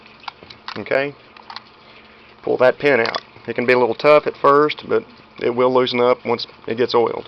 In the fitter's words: pull that slide back to where those match up give it a push hear the pop